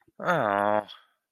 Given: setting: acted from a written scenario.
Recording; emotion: vocal sound without words; guilt